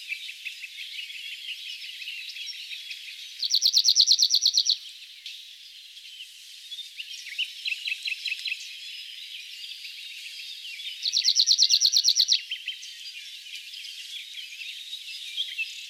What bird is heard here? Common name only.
Cirl Bunting